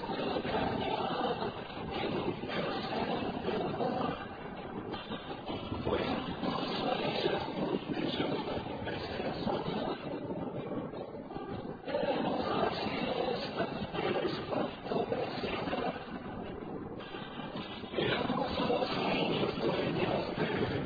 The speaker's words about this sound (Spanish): No, no, no, no es que se escucha mal. Es el rumor del agua. Era para entrar en escena. Es el rumor de la cañada.